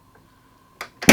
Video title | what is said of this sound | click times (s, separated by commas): Samsung SlimFit 2025 Wall Mount Install, custom fit on Samsung S90F OLED | That should push back and you should get a nice click. | 1.1 s